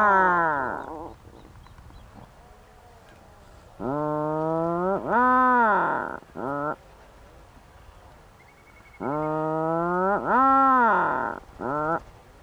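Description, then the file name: Atlantic puffin calling in three bursts of deep, drawn moans, each a long groan followed by shorter clipped notes, with quiet pauses between. "Macareux moine"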